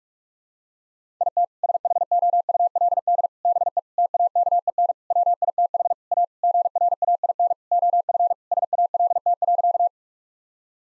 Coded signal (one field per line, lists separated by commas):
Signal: Morse code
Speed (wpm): 46 wpm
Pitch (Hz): 700 Hz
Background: none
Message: IT SHOULD BE TAKEN WITH A GRAIN OF SALT.